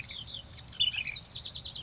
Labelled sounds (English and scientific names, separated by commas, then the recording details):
Ash-throated Flycatcher (Myiarchus cinerascens)
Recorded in Sonoma County, California